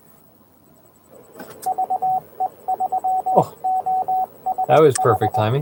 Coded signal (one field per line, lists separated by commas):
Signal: Morse code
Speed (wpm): 20 wpm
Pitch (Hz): 750 Hz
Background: speech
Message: VE3OSH